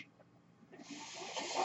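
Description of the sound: Near-silence, then a rising airy hiss of a personal mechanical ventilator delivering a breath.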